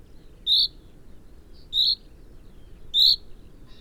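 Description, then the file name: Common chaffinch calls: three sharp high notes roughly every 1.2 seconds, with a faint softer note between, over a low steady rumble. "Fringilla coelebs"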